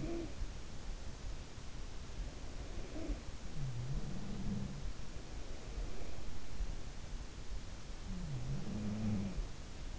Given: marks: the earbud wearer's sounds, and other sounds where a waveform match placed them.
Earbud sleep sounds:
sounds in sleep by an in-ear microphone; talking in sleep, breath
0.00-0.35 s: talking in sleep
2.18-3.65 s: breath
2.34-6.61 s: sound from someone else or the room
2.89-3.29 s: talking in sleep
7.57-9.99 s: sound from someone else or the room

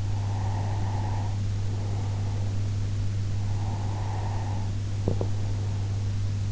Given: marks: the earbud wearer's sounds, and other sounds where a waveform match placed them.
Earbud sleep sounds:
sounds in sleep by an in-ear microphone; breath
0.00-2.75 s: breath
3.68-6.27 s: breath

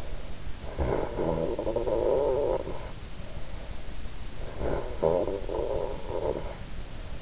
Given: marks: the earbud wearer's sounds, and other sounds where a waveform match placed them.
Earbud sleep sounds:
sounds in sleep by an in-ear microphone; snoring breath
0.37-3.40 s: snoring breath
4.14-7.22 s: snoring breath

